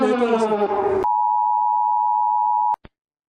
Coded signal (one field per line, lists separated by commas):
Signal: Emergency Alert System (SAME) tones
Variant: 853 and 960 Hz attention tone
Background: speech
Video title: Ranking EAS alarms (COMPILATION)